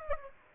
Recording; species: mosquito wingbeat signal from an infrared sensor; Aedes aegypti